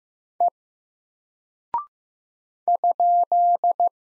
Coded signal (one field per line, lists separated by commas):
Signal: Morse code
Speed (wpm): 15 wpm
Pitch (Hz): 700 Hz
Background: none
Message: E ?